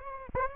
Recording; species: mosquito wingbeat signal from an infrared sensor; Anopheles arabiensis